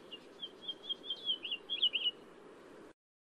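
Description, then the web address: House finch song, a thin, soft warbling run of high notes that grows louder toward its end. "Songs of Birds of North America. House Finch"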